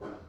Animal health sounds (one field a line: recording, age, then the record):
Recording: pig call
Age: growing-finishing pig (85 days or more)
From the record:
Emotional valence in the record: positive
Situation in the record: run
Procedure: transit